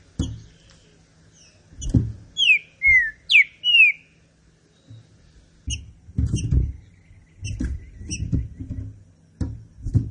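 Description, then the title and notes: Green-winged saltator phrases: a run of bright descending whistles in the first seconds, then mostly low knocking and clicking sounds. Classic song style (canto clássico), used for training birds. "Canto Clássico Trinca Ferro TREINAMENTO. trinca fero"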